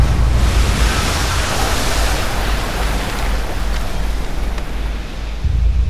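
A massive 100-kilometre-long tsunami flood wave racing toward the coasts of Sumatra and Thailand on 26 December 2004 crashes and roars without pause, a loud, dense wash of churning water over a deep rumbling undertone that dips briefly near the end before surging again.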